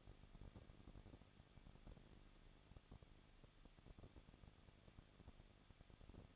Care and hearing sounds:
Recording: daily activity, microphone in the room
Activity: no activity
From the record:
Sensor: 4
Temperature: 23.0 degrees Celsius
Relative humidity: 34.2%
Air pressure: 1007.2 hPa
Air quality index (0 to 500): 217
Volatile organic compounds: 16 ppm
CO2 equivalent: 2522 ppm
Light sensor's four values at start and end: 2/3/1/1 and 2/3/1/1

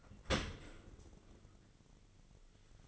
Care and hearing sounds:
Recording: daily activity, microphone in the room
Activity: open dishwasher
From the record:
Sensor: 4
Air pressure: 1003.9 hPa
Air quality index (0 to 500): 154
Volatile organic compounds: 2 ppm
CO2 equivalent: 1097 ppm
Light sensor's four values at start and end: 27/66/27/30 and 28/67/28/30

